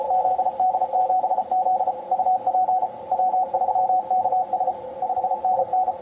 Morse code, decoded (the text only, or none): ZD7Z UP W3KS 5NN